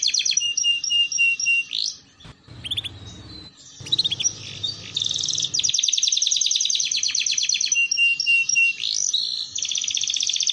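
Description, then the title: Canary trilling with flat whistles, a noisy gap with brief chirps, then sustained fast rolling trills carrying to the end. Belgian canary song played to warm up, lure and train canaries, a master song for young canaries learning to sing. "Canto Para Esquentar Canário Belga. Terapi Pancingan Suara Kenari Gacor || Masteran Kenari Paud Belajar Bunyi"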